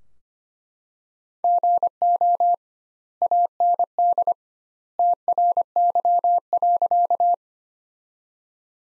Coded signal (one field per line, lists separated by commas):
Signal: Morse code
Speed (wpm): 25 wpm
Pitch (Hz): 700 Hz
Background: none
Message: GO AND TRY.